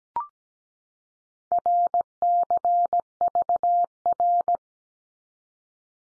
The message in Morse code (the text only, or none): RCVR